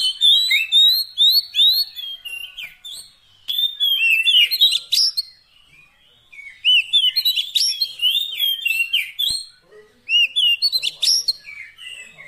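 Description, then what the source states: Oriental magpie-robin delivering rapid, varied whistled phrases with chirps and upslurred notes, several short pauses separating dense bursts of song. Fill-in (isian) song of kacer, meant to get a bird singing actively (gacor) day and night.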